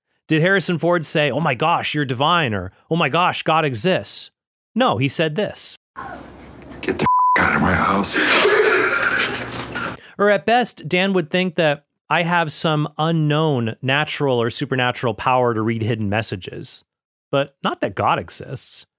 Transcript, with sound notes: Did Harrison Ford say, “Oh my gosh, you’re divine” or “Oh my gosh, God exists.” No. He said this.
Get the (beep) out of my house.
Or at best, Dan would think that I have some unknown, natural or supernatural power to read hidden messages, but not that God exists.